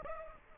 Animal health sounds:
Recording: mosquito wingbeat signal from an infrared sensor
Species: Aedes aegypti

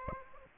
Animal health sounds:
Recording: mosquito wingbeat signal from an infrared sensor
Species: Aedes aegypti

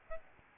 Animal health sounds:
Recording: mosquito wingbeat signal from an infrared sensor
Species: Aedes albopictus

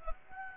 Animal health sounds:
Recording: mosquito wingbeat signal from an infrared sensor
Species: Anopheles gambiae

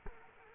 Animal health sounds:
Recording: mosquito wingbeat signal from an infrared sensor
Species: Culex quinquefasciatus

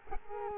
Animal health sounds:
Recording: mosquito wingbeat signal from an infrared sensor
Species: Culex quinquefasciatus

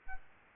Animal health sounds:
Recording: mosquito wingbeat signal from an infrared sensor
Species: Aedes albopictus

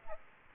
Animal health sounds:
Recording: mosquito wingbeat signal from an infrared sensor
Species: Aedes aegypti

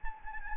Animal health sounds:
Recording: mosquito wingbeat signal from an infrared sensor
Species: Anopheles gambiae

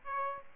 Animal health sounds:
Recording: mosquito wingbeat signal from an infrared sensor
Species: Aedes aegypti

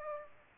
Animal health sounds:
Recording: mosquito wingbeat signal from an infrared sensor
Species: Aedes aegypti

